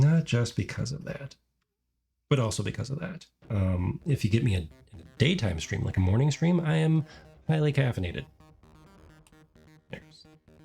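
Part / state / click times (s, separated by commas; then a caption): internal part or cover going into a game controller housing / seated / 9.9 s. During a Wii U gamepad repair, an internal part or cover is pressed into the controller housing while someone talks over background music with guitar. The part snaps into place with a sharp click at 9.9 seconds and is seated.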